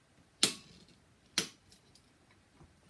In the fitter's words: the socket and you will hear it snap into position and